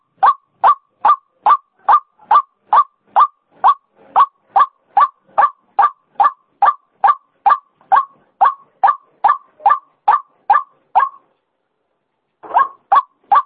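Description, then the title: White-breasted waterhen uttering a long steady series of short croaking notes, evenly spaced, pausing briefly before a few more. Female call, used as a lure sound. "Suara Pikat Ruak Ruak Betina"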